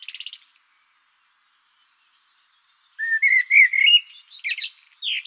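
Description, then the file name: Eurasian blackbird song: a short buzzy note, a pause, then a rich warbled whistle that breaks into high, scratchy twittering. "turdus merula"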